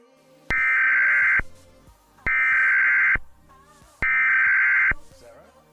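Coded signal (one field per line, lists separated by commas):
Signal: Emergency Alert System (SAME) tones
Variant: header bursts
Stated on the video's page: Fictional EAS scenario, a remake of an earlier scenario series.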